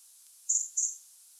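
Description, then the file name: European robin call: two short, very high, thin notes in quick succession, with quiet background. "Erithacus rubecula"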